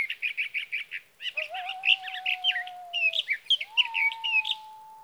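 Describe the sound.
Sage thrasher singing a long jumble of quick warbling notes. Early on it repeats a chattering phrase several times. A low steady tone sounds behind it twice.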